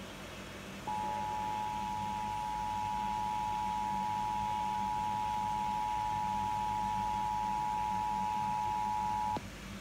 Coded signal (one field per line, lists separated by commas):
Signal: Emergency Alert System (SAME) tones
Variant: 853 and 960 Hz attention tone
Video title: Pennsylvania Required Monthly Test on WSOX 96.1 FM EAS#220 6/16/22